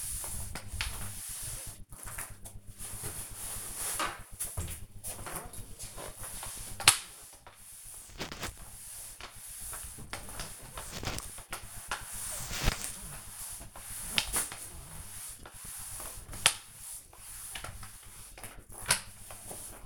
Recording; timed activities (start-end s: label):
household activities, microphone on the right wrist
0.00-19.86 s: floor cleaning